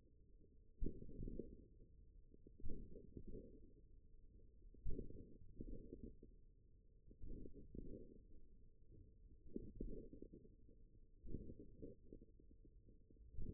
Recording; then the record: forearm muscle sounds (acoustic myography)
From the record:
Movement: tripod grip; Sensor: system 1, eight BSWA MPA416 microphones around the upper forearm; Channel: 3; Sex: male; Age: 41 years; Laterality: right